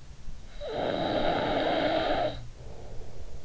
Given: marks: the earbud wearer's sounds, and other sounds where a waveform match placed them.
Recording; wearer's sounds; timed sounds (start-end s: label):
sounds in sleep by an in-ear microphone; snoring breath
0.05-3.42 s: snoring breath